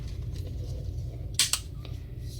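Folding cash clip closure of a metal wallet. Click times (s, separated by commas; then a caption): 1.4 s. A bill clip on an aluminum Flipside 5 wallet is folded over and the wallet is closed, its closure snapping shut at 1.4 s with a sharp, bright snap. A second crisp click follows at 1.5 s over a steady low hum. The closure seats with a satisfying snap.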